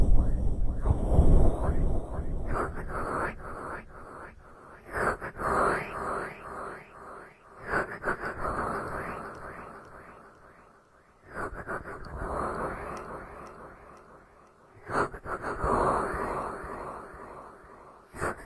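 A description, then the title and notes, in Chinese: Ear massage: dense rubbing and brushing strokes sweep back and forth in quick, repeated passes, with soft crackles and muffled thumps mixed in. The sound swells and fades in waves, dropping almost to silence around eleven seconds before the rubbing resumes. 耳朵按摩。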